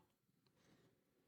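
A plastic cover plate is being handled on the interior trim panel of a 2024-or-newer Toyota Tacoma, right after the rear USB-C RGB light wiring has been plugged in. Only quiet, low handling rustle is heard. Nothing has seated or clicked yet; the plate is not yet snapped home.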